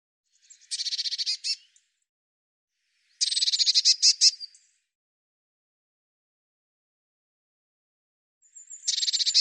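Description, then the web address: Eurasian blue tit giving harsh churring calls, three separate bursts of fast buzzy notes a few seconds apart, with silence between, the last cut off at the end. "cianscape birddata Deverinetal 2025 File cleaned normalized Bird Cy Ca"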